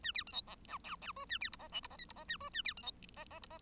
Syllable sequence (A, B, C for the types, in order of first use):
A B C D E F F G A B H I J H I K H I A G A B C D I I H I